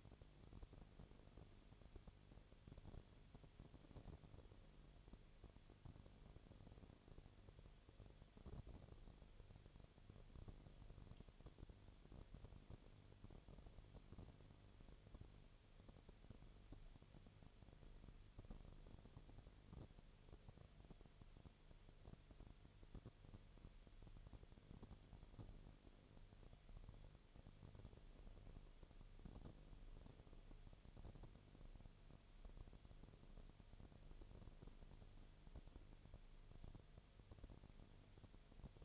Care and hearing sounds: daily activity, microphone in the room; no activity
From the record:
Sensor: 4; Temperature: 22.4 degrees Celsius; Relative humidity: 31.1%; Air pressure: 1004.1 hPa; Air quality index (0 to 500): 86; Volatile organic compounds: 1 ppm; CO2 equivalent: 772 ppm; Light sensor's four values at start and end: 2/3/1/1 and 2/3/1/1

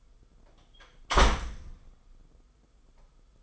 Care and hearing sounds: daily activity, microphone in the room; close door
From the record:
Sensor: 5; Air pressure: 990.6 hPa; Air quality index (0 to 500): 151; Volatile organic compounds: 171 ppm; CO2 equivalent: 4109 ppm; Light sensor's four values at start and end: 27/65/27/29 and 26/63/26/28

